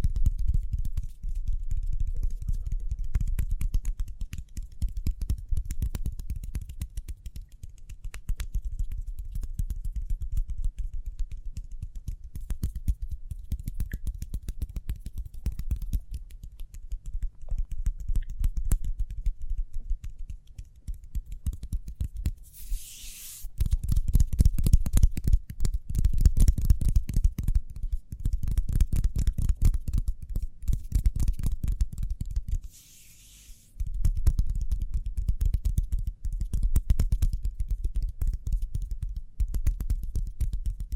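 Hands move quickly and continuously, producing a dense stream of rapid taps and rubbing with a soft low thump underneath. A brief bright, hissing swipe cuts in near 23 seconds and another around 33 seconds, just after a short near-silent pause.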